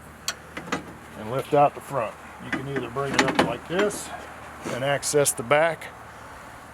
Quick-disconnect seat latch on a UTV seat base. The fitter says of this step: give it a pull until you hear a click lift up